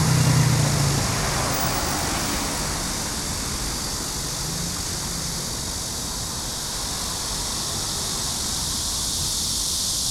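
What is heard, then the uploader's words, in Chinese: Insects call from a small grove beside a city road, forming a dense, steady high buzz that runs unchanged for the whole clip. Underneath, constant traffic rumbles, with a low engine hum in the first second. 雨後的"都市""叢林"_台北市辛亥路一段3之1前。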